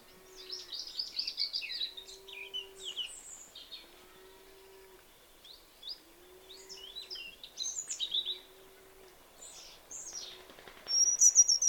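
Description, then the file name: European robin singing varied, thin, high warbling phrases with pauses, over a low hooting note repeated about every two seconds. "Erithacus rubecula"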